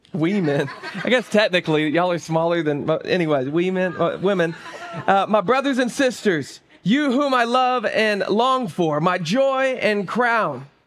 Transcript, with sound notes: We men. I guess technically y'all are smaller than anyway. We men women. [laughter] my brothers and sisters, you whom I love and long for my joy and crown.